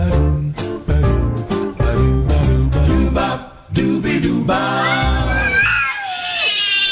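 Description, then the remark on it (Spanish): Loud, rhythmic bursts of clashing sound give way to cats caterwauling and screeching, their high, wavering yowls sliding up and down in pitch for the last couple of seconds. “Un saco de gatos.”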